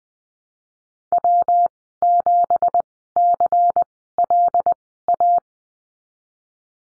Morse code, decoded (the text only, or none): W7CLA